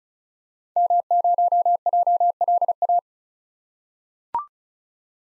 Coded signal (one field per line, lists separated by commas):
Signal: Morse code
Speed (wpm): 36 wpm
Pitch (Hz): 700 Hz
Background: none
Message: M0JLA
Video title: 2023 SOTA Activator Call Signs - 35wpm